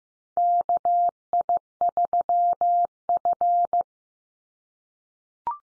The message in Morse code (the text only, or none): KI3F